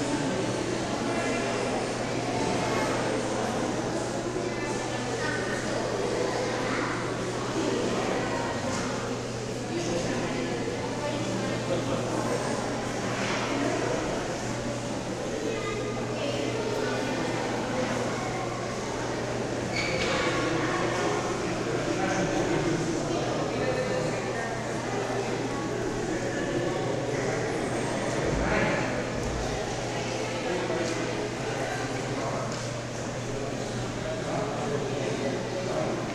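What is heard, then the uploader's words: Steady crowd chatter fills a large indoor space during a school museum trip, with overlapping voices, a constant low hum, and occasional brief louder calls. Nostalgic School Museum Trip.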